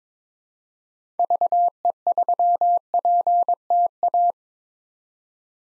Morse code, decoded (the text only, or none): VE3PTA